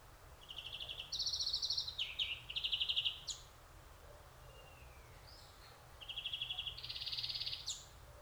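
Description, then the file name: Greenfinch trills in quick pulsed bursts, changing pitch from one run to the next, followed by a quieter gap and then another trilled phrase. "Chloris chloris"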